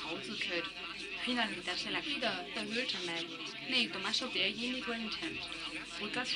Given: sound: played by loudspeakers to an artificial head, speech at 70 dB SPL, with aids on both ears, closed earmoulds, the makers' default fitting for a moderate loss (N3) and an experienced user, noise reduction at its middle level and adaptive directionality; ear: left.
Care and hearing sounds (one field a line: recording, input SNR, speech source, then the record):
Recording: speech test signal (ISTS) in cocktail-party noise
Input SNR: +6 dB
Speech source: on the right (90 degrees)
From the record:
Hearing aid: class 2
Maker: D